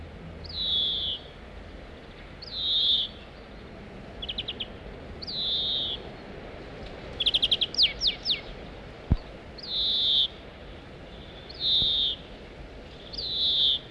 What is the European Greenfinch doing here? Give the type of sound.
call